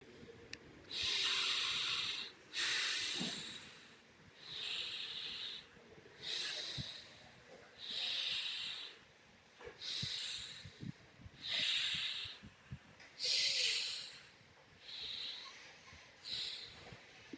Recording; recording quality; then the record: deep breathing; excellent, no background noise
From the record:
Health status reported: recovered from COVID-19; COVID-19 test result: negative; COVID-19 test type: rapid antigen test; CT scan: not taken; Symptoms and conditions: none ticked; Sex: male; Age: 21 years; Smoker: no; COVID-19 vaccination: both doses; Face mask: worn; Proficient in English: yes